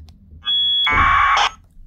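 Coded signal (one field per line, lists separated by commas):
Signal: packet radio (AX.25, as in APRS)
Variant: 1200 baud AFSK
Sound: brief squawk: short steady tone then a half-second harsh warbling data burst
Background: radio hiss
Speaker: we can test it right now and it will work and then we'll look at renaming it but let's just give it a quick test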